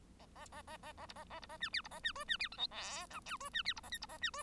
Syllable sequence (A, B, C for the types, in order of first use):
A A A A A A B A A B A C D B A C E C D F G H I J E C D B A K B A C E